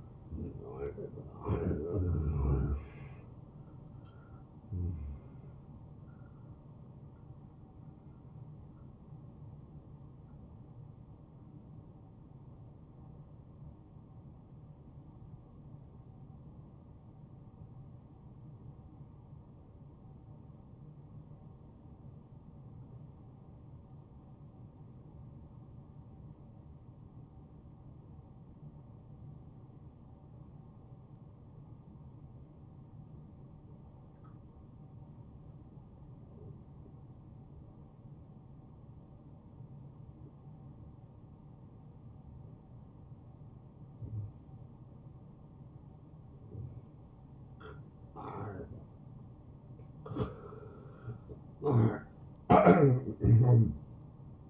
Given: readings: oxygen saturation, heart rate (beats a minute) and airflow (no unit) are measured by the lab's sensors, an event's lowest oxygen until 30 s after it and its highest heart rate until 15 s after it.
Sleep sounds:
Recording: breathing in sleep by a smartphone at the bedside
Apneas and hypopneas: 1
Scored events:
13.00-48.30 s: obstructive apnea (N1, oxygen 95% highest, then 87% lowest)
From the record:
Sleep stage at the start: N1 (lightest sleep)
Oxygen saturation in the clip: 84 to 95%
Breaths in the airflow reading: 4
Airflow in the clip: -6.3 to 6.9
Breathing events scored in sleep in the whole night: 263 in 5.5 hours asleep

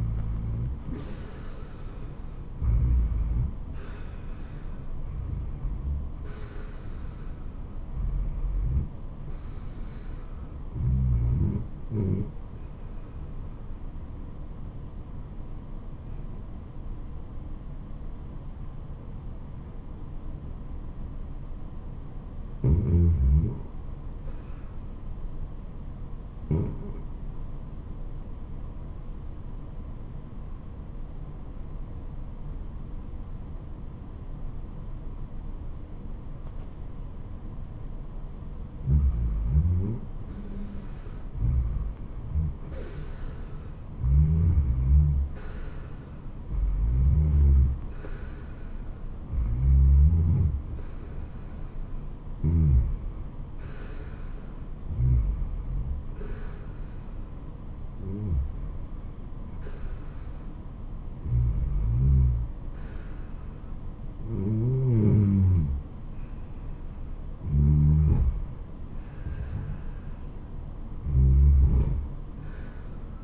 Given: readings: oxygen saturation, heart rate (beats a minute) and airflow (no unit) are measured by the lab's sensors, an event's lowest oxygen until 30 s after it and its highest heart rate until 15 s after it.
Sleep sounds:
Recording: breathing in sleep by a smartphone at the bedside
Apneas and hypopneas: 1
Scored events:
26.00-39.20 s: obstructive apnea (REM, oxygen 95% highest, then 82% lowest, heart rate 84 at the start, 84 highest)
From the record:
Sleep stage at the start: REM sleep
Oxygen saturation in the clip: 75 to 95%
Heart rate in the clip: 74 to 93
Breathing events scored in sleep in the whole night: 426 in 7.4 hours asleep

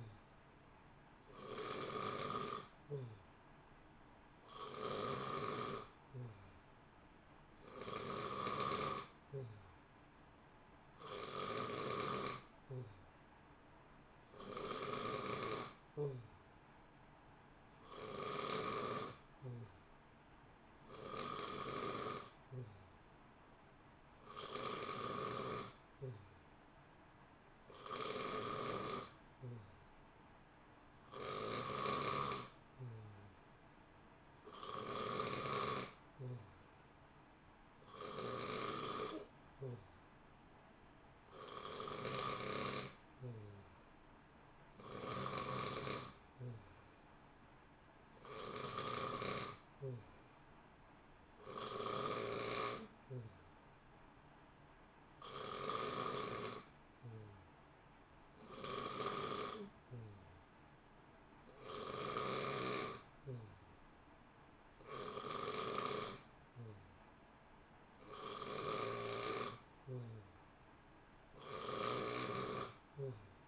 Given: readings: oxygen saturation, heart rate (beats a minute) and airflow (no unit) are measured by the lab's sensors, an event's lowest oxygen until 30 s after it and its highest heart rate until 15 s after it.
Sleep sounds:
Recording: breathing in sleep by a voice recorder at the bedside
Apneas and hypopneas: none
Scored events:
none scored
From the record:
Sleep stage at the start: N2 (light sleep)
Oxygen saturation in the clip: 90 to 92%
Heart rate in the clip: 60 to 64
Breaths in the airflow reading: 28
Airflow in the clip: -0.8 to 0.8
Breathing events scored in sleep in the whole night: 328 in 6.3 hours asleep

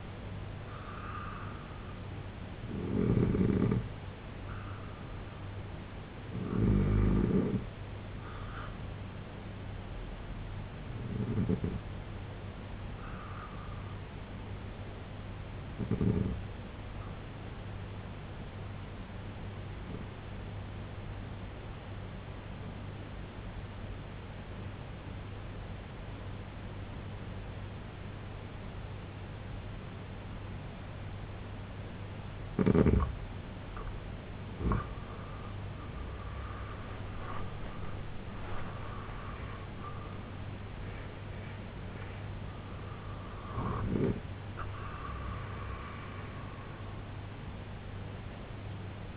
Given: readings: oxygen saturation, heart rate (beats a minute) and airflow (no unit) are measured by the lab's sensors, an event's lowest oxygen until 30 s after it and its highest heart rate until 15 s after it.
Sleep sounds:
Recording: breathing in sleep by a voice recorder at the bedside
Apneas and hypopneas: 1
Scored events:
21.00-35.30 s: obstructive apnea (N2, oxygen 94% highest, then 87% lowest, heart rate 69 at the start, 93 highest)
48.00-49.17 s: new sleep stage, N1 (lightest sleep)
From the record:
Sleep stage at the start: N2 (light sleep)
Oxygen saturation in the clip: 88 to 95%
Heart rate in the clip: 66 to 93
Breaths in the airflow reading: 5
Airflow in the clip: -11.7 to 8.7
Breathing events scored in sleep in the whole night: 258 in 7.4 hours asleep

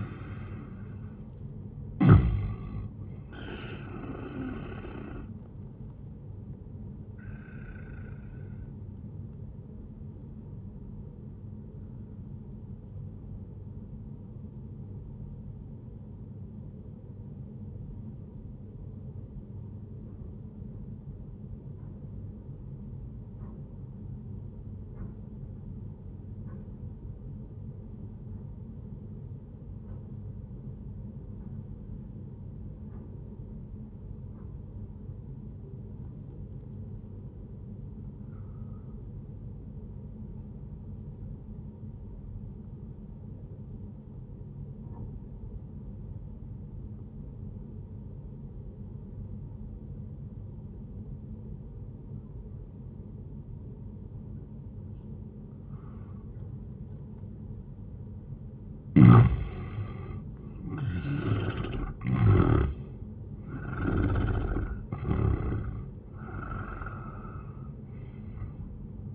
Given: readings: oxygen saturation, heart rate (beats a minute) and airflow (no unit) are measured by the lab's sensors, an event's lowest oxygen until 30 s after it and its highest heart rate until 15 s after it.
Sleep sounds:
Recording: breathing in sleep by a smartphone at the bedside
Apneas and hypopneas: 1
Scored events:
8.00-38.00 s: new sleep stage, N1 (lightest sleep)
15.00-58.90 s: obstructive apnea (N1, oxygen 97% highest, then 82% lowest, heart rate 69 at the start, 90 highest)
38.00-68.00 s: new sleep stage, N2 (light sleep)
68.00-69.15 s: new sleep stage, N1 (lightest sleep)
From the record:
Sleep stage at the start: N2 (light sleep)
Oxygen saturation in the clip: 88 to 97%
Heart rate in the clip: 65 to 87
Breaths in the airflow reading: 4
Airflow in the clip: -10.8 to 17.9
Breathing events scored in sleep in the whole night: 131 in 7.2 hours asleep

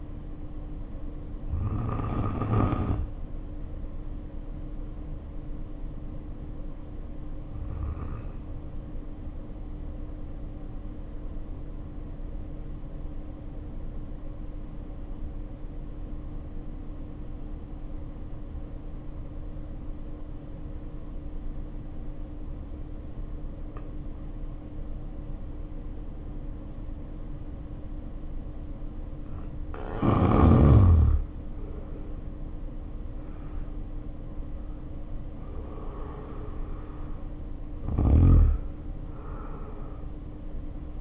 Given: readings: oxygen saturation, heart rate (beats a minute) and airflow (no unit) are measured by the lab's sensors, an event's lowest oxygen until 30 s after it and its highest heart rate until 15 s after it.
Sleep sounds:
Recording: breathing in sleep by a smartphone at the bedside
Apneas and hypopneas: 1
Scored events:
5.00-32.60 s: obstructive apnea (N1, oxygen 94% highest, then 76% lowest, heart rate 50 at the start, 70 highest)
From the record:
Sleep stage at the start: N1 (lightest sleep)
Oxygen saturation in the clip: 73 to 94%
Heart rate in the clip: 49 to 70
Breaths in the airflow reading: 3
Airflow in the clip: -2.8 to 2.6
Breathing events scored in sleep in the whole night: 520 in 7.2 hours asleep

